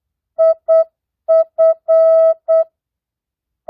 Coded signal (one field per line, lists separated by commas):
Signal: Morse code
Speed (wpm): 8 wpm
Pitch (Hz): 650 Hz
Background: music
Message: IF